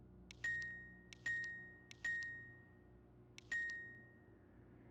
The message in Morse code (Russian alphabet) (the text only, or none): none